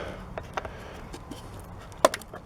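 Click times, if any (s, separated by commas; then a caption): 2.0 s. A plastic front-end trim piece on a Tahoe is pushed onto its front grille/bumper mount, with a few faint ticks and rustles around 0.4 and 0.6 s. A loud, sharp snap at 2.1 s, followed by two smaller clicks, marks the trim piece snapping into place and seated.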